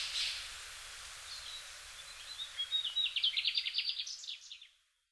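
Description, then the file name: Mugimaki flycatcher calls: a quick run of sharp, trilled notes, fading out over background hiss. Recorded in Hyogo, Japan, in May 2009. "mugimaki 0905 hyogo kaji"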